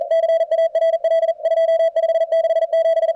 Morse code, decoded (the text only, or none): CARL 2567